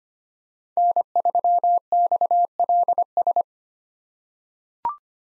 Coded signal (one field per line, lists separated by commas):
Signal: Morse code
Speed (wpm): 25 wpm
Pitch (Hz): 700 Hz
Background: none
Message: N3XLS